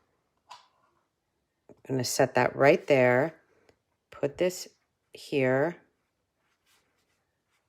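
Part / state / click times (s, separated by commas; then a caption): cardstock box lid onto box body / not seated / none. A cardstock box flap is lined up on the box body before being pushed closed, while someone talks. A few faint, brief handling sounds come between the words, and the lid has not closed or clicked yet.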